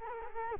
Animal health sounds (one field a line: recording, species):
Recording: mosquito wingbeat signal from an infrared sensor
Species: Culex quinquefasciatus